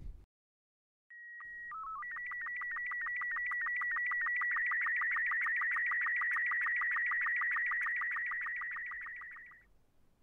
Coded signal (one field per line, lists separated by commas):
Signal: SSTV (slow-scan television)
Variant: Robot 36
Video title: Quansheng stacjonarny nadajnik SSTV